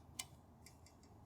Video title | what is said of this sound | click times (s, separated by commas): How to change Windshield Wiper Blades (In-Depth) | you slide it up and you're going to hear a click right there and then click this down and you are done | 0.2 s